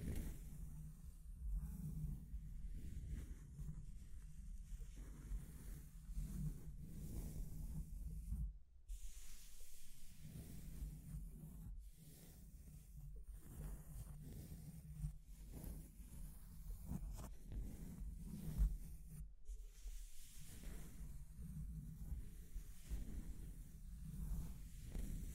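Continuous scratching and tracing sounds, low rubbing strokes repeating in uneven bursts with hissy edges, a few sharp scrapes near nine and nineteen seconds.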